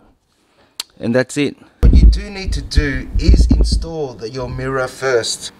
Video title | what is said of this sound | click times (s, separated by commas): how to remove side mirror+cover+indicator+bulbs mercedes w203 replacement | and it will clip over the top and you will hear a click to confirm that it has been seated and that's it | 0.8 s